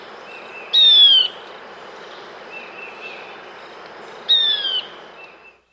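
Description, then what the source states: Tawny-faced gnatwren song, a bright falling whistled note given twice, about three and a half seconds apart, over a constant insect hiss and faint other calls. South America.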